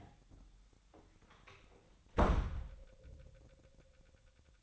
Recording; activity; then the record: daily activity, microphone in the room; close door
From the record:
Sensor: 3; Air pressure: 1007.2 hPa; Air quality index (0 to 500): 202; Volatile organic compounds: 17 ppm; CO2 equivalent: 2596 ppm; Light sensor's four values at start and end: 12/29/12/12 and 12/28/12/12